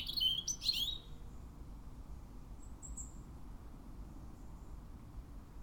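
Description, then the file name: European robin song: a short, quick phrase of high, thin notes at the start, followed by near silence with a faint note. "Erithacus rubecula"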